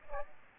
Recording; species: mosquito wingbeat signal from an infrared sensor; Aedes aegypti